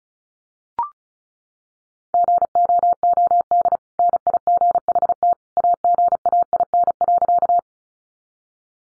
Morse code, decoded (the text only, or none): GOOD NIGHT AGAIN.